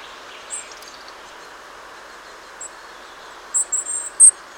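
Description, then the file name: European robin calls: a few scattered high, thin notes, then a cluster of sharper high notes near the end, over a constant low hiss. "Erithacus rubecula"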